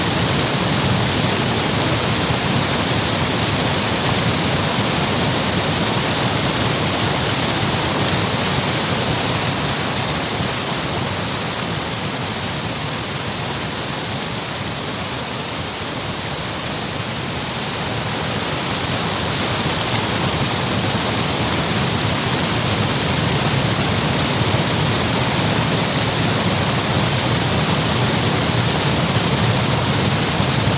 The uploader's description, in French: un cheminement sonore à travers des paysages aquatiques terrestres et souterrains